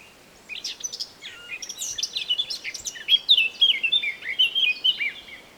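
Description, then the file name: Eurasian blackcap song: soft chattering notes grow into a busy warble, then a loud, clear flutey flourish of quick whistled phrases fading at the end. "Sylvia atricapilla"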